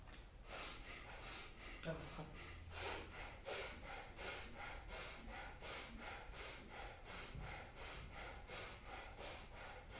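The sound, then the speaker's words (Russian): Rapid, forceful bhastrika bellows breathing as a breathing exercise: about twenty sharp, noisy breaths pushed in and out at a steady fast rhythm, each a loud, airy rush, with no talking. “Так, сразу поехали, бухастовки дышим.”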